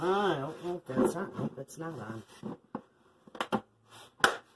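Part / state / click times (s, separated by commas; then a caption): lid on a food storage container / seated / 4.2 s. Someone talks while pressing the lid down onto a food storage container after it failed to go on the first time. A pair of quick soft clicks comes at about 3.4 seconds, then the lid snaps sharply into place at 4.2 seconds and is seated.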